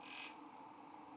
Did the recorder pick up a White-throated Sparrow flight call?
no